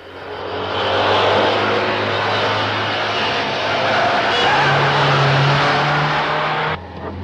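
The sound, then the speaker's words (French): A Citroën 2CV driven furiously by the nun Sœur Clotilde in Le Gendarme de Saint-Tropez, with skidding: a loud, continuous engine roar with a low droning hum that rises in pitch midway, then drops abruptly just before the end. “puisque quand le gendarme de Saint-Tropez fait du stop et qu'il voit une deux chevaux s'arrêter, il est tranquille comme Baptiste, sauf que sœur Clotilde conduit sa voiture furieusement.”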